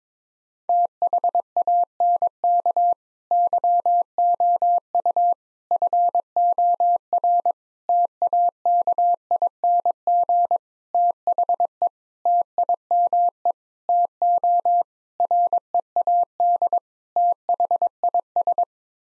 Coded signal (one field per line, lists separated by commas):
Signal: Morse code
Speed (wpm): 22 wpm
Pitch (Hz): 700 Hz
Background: none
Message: THANK YOU FOR TAKING THE TIME TO READ THIS